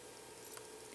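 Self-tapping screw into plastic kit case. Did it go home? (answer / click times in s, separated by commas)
yes / 0.6 s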